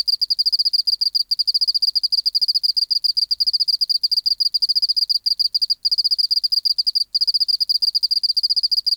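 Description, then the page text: Oceanic field cricket song of quick, evenly pulsed chirps forming trills separated by short breaks, high-pitched and clean with no background noise. Recorded in a museum acoustic laboratory on 19 March 1984 at 11:15, 24°C, 30% humidity, no air movement, dim light. "Teleogryllus oceanicus. BioAcoustica"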